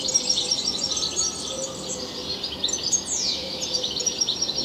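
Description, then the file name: European goldfinch, an unbroken stream of thin, sparkling twitters with one falling slur, with quiet background noise. "Carduelis carduelis"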